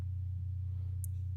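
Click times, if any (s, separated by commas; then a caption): 1.0 s. During screen reassembly on a Dell Inspiron 1521 laptop, the LCD inverter cable connector is plugged into the inverter board. A short, sharp high-pitched click at 1.0 s stands out over a steady low hum, and the connector snaps in, seated; it can only go in one way.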